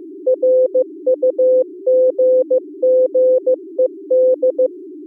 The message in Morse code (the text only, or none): RUGGED